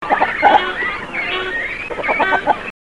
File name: Cormorano Phalacrocorax carbo